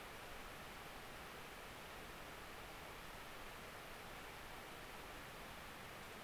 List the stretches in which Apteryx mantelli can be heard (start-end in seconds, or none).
none